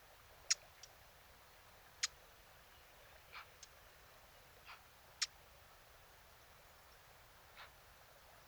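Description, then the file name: Eurasian blackcap producing sharp ticking calls at irregular intervals, three strong clicks and several softer ones, over a steady faint hiss. "Sylvia atricapilla"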